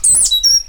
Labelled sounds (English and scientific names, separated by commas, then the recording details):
Stitchbird (Notiomystis cincta) song
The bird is a male
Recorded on Tiritiri Matangi Island, New Zealand, in 2005
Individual 8, of nest box 10